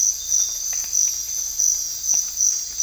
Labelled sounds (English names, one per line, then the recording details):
none
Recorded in dense forest near Puerto Asís, Putumayo, Colombia, on 18 December 2024 at 04:00
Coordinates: 0.484, -76.325
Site G056